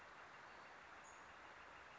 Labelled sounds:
Northern Flicker
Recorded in Sonoma County, California

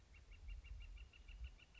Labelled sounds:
Northern Flicker
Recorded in Sonoma County, California

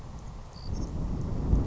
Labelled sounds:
Savannah Sparrow
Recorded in Sonoma County, California

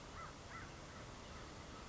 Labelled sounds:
American Crow
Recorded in Sonoma County, California

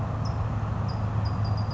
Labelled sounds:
California Towhee
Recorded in Sonoma County, California

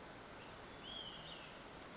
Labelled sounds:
Olive-sided Flycatcher
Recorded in Sonoma County, California

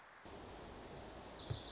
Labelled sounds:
Wilson's Warbler
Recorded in Sonoma County, California

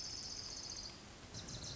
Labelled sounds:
Orange-crowned Warbler
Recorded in Sonoma County, California

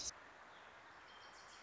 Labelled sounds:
Wilson's Warbler
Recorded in Sonoma County, California

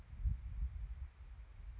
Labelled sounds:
Anna's Hummingbird
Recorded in Sonoma County, California

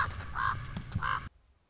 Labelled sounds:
Common Raven
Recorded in Sonoma County, California

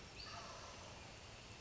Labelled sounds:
Wild Turkey
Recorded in Sonoma County, California

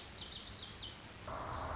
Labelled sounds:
Lazuli Bunting
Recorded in Sonoma County, California

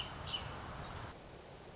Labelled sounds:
Song Sparrow
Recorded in Sonoma County, California

